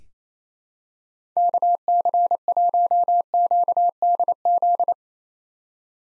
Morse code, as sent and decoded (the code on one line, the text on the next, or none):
-.- -.-. .---- --.- -.. --..
KC1QDZ